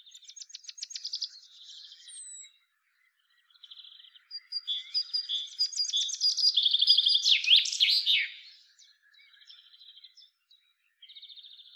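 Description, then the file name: Common chaffinch singing: a rapid trill fades out, then after a pause a new rattling phrase builds to a loud terminal flourish, followed by quieter notes and another trill starting. "Fringilla coelebs"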